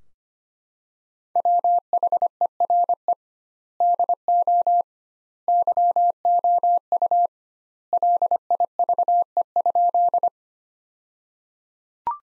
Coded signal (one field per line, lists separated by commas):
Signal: Morse code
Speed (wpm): 25 wpm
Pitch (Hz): 700 Hz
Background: none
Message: WHERE DO YOU LIVE?